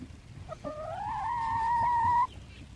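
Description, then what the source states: Chicken giving a single long, drawn-out tonal call that rises slightly and holds steady for over a second before stopping abruptly. Contented hens singing.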